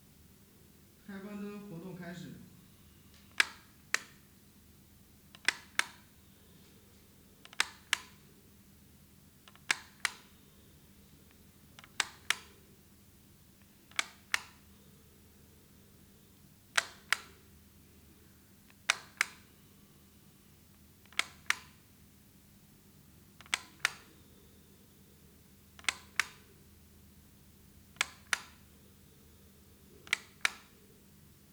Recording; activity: daily activity, guitar pickup as the sensor; operate light